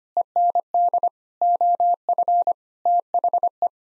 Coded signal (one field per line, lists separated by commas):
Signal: Morse code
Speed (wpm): 25 wpm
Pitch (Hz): 700 Hz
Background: none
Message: END OF THE